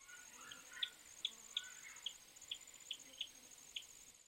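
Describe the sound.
Tit calls: a series of short, sharp high ticks, roughly every half second, over a faint steady high hiss.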